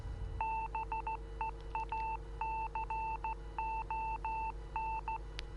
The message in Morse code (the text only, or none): BEACON